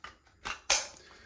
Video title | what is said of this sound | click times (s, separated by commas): Bissell Little Green ProHeat Unboxing and First Cleaning | snaps into place like that. Pretty cool. | 0.7 s